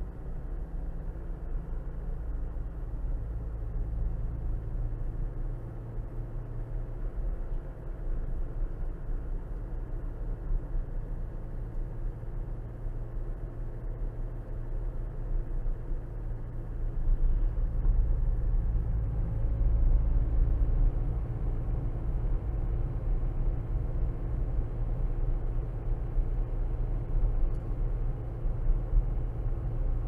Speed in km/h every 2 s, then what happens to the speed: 40, 39, 40, 42, 40, 40, 40, 42, 40, 39, 40, 40, 39, 40, 40.
0-30 steady at about 40.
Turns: none.